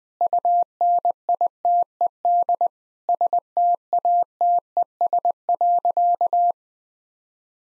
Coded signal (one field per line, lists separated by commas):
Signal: Morse code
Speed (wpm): 20 wpm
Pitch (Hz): 700 Hz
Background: none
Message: UNITED STATES.